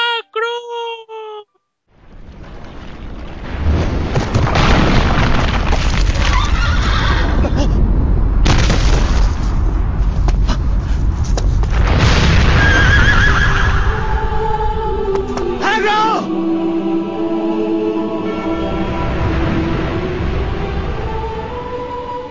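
The mare Thunder in a sad scene of a PlayStation 1 video game gives a shrill, wavering whinny of distress, then loud rumbling noise swells, with more strained, high-pitched cries and tonal wails rising through it.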